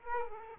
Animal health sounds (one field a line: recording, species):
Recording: mosquito wingbeat signal from an infrared sensor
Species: Aedes aegypti